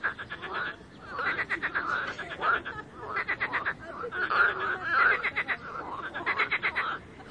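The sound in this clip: Several frogs give trilled, rasping croaks in repeated bursts, calls overlapping into a rhythmic chorus above a soft noisy background.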